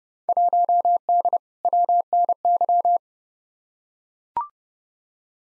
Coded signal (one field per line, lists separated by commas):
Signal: Morse code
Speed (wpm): 30 wpm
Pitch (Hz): 700 Hz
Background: none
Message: 1D WNY